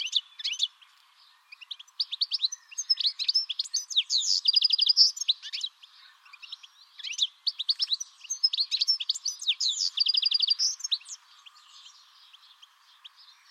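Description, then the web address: Bird song in two long twittering bouts of high chirps and rattling trills, separated by a short quiet spell, with softer notes toward the end. "Deverinetal"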